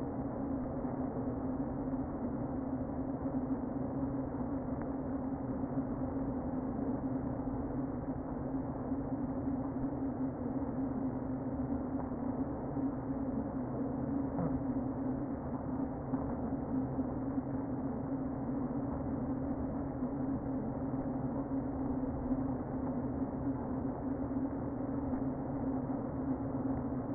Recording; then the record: honeybee colony, microphone inside the hive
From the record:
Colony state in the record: queen present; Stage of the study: before two queens were removed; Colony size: about 60,000 bees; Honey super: yes